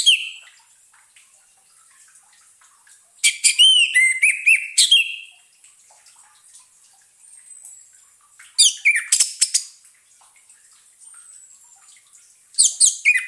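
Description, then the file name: Orange-headed thrush song in bursts of fluty, slurred whistles and quick high notes, with soft thin whistles between phrases. Song therapy for an orange-headed thrush that has stopped singing. "terapi suara anis merah macet bunyi"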